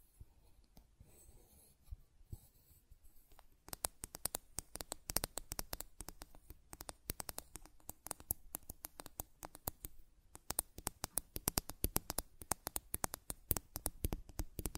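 Buttons are clicked and tapped in a busy, irregular run of short, sharp clicks. The first few seconds hold only sparse, faint taps, then from about four seconds the clicks come thick and fast, bright and crisp, with a brief lull near ten seconds.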